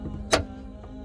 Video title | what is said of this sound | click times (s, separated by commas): Audi A4 B8 How to change all interior lights to LED - tutorial DIY | all the way to the end, and then again until it snaps from this side. | 0.3 s